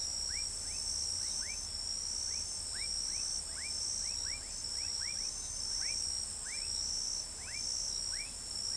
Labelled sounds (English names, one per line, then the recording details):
none
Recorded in pastures near Pivijay, Magdalena, Colombia, on 2 June 2023 at 03:30
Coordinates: 10.456, -74.369
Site P6-G026